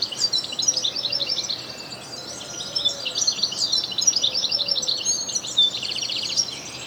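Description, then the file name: European goldfinch song, a rapid tinkling twitter of high notes with a short buzzy rattle near the end, continuing almost without pause over faint background hiss. "Carduelis carduelis"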